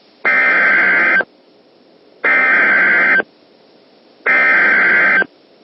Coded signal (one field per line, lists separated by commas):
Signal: Emergency Alert System (SAME) tones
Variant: header bursts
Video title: Texas Inferno (EAS Scenario)